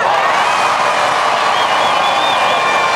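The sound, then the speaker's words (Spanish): A large crowd at a gathering in Caña de Azúcar, municipio Mario Briceño, Aragua State, Venezuela, cheers and applauds loudly in a steady, unbroken roar of clapping and shouting voices, with a few high whistles rising above it throughout. “Vamos a hacer una bulla para toda Venezuela.”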